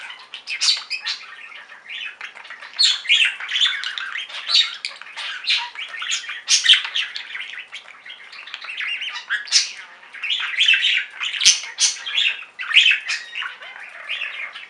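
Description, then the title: Budgerigar warbling chatter, continuous and busy, mixing buzzy notes, chirps and harsh squawks throughout with no pauses. "Budgie Sounds"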